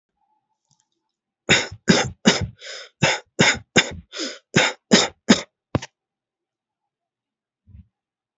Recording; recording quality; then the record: shallow voluntary cough; excellent, no background noise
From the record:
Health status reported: healthy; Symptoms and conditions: none ticked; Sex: male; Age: 31 years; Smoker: not ticked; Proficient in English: yes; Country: India